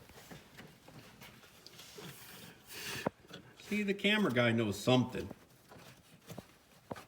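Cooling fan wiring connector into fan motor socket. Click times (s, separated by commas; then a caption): 6.9 s. The wiring connector for the radiator cooling fan is pushed by hand into its socket on the fan motor during a swap of the broken radiator on a 2007 Chevrolet Avalanche. Someone talks over faint handling noise, and a single sharp click is heard at 6.9 s as the connector seats and is confirmed clicked in.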